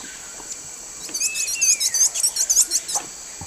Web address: Natures Songs S America Eastern Lowlands. Tersina viridis, calls and song